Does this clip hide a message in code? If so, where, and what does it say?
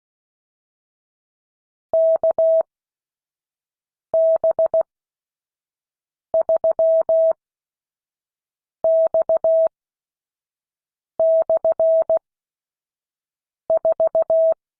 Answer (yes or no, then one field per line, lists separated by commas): yes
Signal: Morse code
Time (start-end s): 1.9-14.5 s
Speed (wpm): 16 wpm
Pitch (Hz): 650 Hz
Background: none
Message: KB3X/4